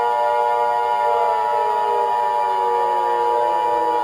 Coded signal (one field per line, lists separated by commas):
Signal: Emergency Alert System (SAME) tones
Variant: 853 and 960 Hz attention tone